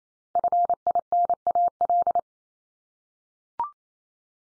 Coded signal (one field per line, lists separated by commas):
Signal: Morse code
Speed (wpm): 28 wpm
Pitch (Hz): 700 Hz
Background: none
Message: FINAL